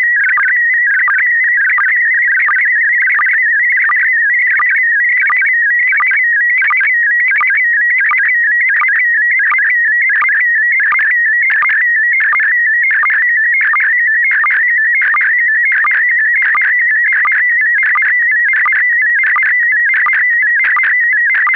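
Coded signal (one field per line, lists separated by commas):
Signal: SSTV (slow-scan television)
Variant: PD90 mode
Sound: continuous warbling whistle shifting pitch rapidly, with short regular lower blips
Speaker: Daarnaast is er morsen en een SSTV-afbeelding, een nostalgische, in PD90.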